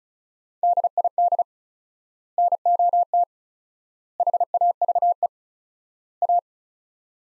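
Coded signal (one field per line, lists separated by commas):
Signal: Morse code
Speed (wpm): 36 wpm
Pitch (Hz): 700 Hz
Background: none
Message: DID NOT HAVE A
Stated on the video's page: Morse code practice sets of four words at 35 wpm with 4x word-spacing, a Farnsworth-like method applied to words.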